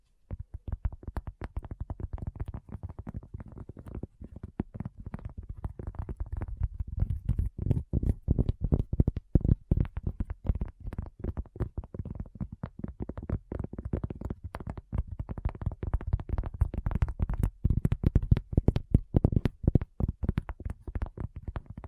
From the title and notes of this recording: ASMR Addictive Tapping. (No Talking).